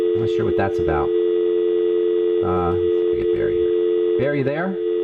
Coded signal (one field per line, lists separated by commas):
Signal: telephone call progress tone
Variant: North America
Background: speech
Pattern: dial tone